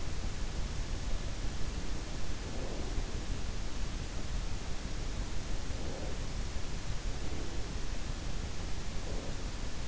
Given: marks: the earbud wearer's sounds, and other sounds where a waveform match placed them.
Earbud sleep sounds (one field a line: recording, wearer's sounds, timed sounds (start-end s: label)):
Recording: sounds in sleep by an in-ear microphone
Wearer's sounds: breath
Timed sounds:
1.93-3.42 s: breath
5.74-7.68 s: breath
8.69-9.88 s: breath